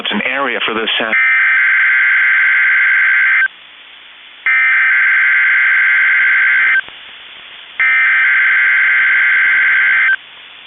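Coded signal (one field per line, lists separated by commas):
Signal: Emergency Alert System (SAME) tones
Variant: header bursts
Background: speech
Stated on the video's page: Several EAS tests received.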